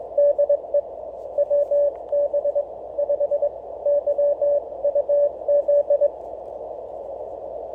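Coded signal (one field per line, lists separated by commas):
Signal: Morse code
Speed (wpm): 19 wpm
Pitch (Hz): 580 Hz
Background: none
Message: DE WB5YUZ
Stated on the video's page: Morse on QRP rigs, an OHR WM-2 and NorCal 40B, keyed with an external PicoKeyer.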